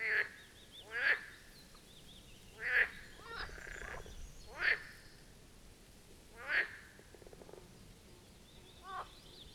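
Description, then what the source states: Marsh frog croaks, loud pulsed rattling calls roughly every two seconds, with quieter frogs calling in the background. Chorus at the Birkensee, Schönbuch, Germany, on one of the first proper hot summer days of 2023.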